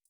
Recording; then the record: hydrophone in a shrimp aquaculture tank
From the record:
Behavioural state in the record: feeding